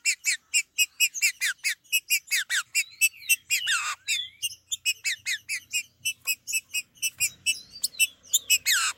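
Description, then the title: Green-winged saltator song: fast series of rich, ringing notes with several descending slurred whistles woven in, delivered almost without pause. "Trinca Ferro"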